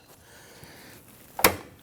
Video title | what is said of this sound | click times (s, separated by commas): How to Replace AC Condenser 2017-2020 Hyundai Elantra | And there it is. Our condenser just locked in here. | 1.5 s